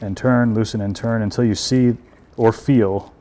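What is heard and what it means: An M-LOK accessory's screw is alternately loosened and turned so its metal T-nut will rotate and lock into the slot of a Ruger Precision Rimfire Rifle's aluminum handguard. Someone talks throughout, with no distinct click heard. Nothing has seated or clicked yet.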